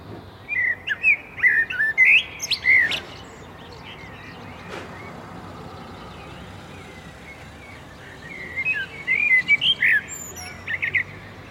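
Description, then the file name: Common blackbird song: a rich, fluting warble of several notes followed by scratchy high twitters, repeated after a pause of about five seconds. "Turdus merula"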